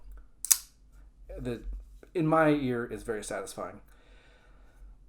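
A folding knife with an S35VN steel blade is flicked open, and the blade locks against its stop pin and liner lock, giving a sharp double click at 0.5 s. The two clicks come in rapid succession because the stop pin and the liner lock do not engage at exactly the same time. The blade is locked open, and then someone talks.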